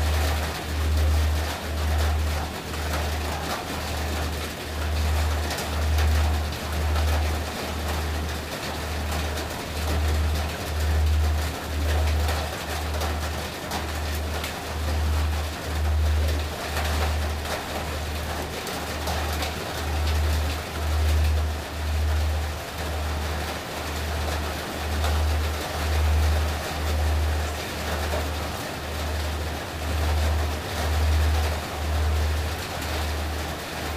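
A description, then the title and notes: Steady rain patters on a roof, a dense, even hiss with small scattered taps throughout. Underneath, a deep low tone swells and fades in a regular pulse about once a second, holding the same slow throb for the whole clip without change. Rain On Roof & Binaural Beats.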